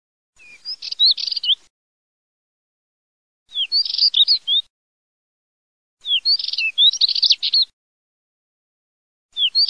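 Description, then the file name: Spectacled warbler song, short scratchy twittering phrases of a second or more, given about every three seconds, with silence between them. "STERPAZZOLASARDA"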